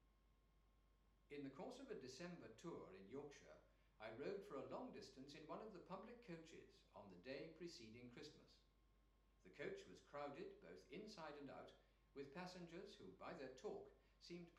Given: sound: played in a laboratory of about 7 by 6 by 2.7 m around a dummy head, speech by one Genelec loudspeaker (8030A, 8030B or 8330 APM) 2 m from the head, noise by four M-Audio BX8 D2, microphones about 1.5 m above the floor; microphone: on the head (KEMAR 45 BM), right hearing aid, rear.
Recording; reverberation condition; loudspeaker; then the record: male speech in English; medium; 60 degrees to the right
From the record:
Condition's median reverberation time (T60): about 510 ms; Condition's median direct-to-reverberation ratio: about -0.5 dB